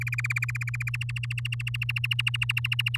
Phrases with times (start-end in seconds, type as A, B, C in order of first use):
0.01-0.90 A, 0.94-2.97 B